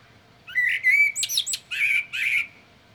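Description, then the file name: Common blackbird song phrase: a rich whistled warble with a scratchy high flourish in the middle and two further rich notes. "Turdus merula"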